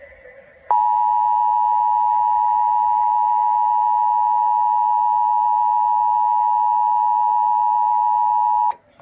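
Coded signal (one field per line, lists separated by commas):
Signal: Emergency Alert System (SAME) tones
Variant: 853 and 960 Hz attention tone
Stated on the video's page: Fictional EAS scenario.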